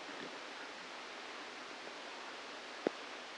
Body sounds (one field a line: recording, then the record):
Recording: brain microelectrode recording played as sound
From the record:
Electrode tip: outside the subthalamic nucleus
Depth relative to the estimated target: 3 mm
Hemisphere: left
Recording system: NeuroSet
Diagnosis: Parkinson's disease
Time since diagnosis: 17 years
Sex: male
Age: 64 years